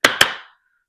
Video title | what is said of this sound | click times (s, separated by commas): Upgrading My Range Bag To A Condition 1 Case! 🔥 | So, really nice sounding latches there. | 0.0 s, 0.2 s